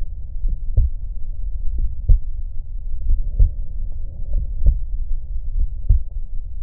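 Steady paired lub-dub beats of an adult heart at about 46 a minute, heard over the aortic area, with the second thump following closely after the first in each cycle and a faint steady hum in the background.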